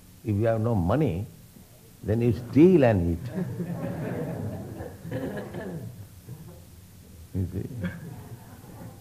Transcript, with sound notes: If you have no money, then you steal and eat." [laughter] You see?